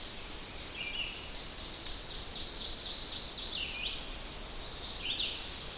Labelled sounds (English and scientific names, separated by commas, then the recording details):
Ovenbird (Seiurus aurocapilla) song
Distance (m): 70 m
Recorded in boreal forest in Alberta, Canada, on 10 June 2016 at 07:24
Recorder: SongMeter 3, array SBT-3-39
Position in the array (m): 102 m, 208 m
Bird 18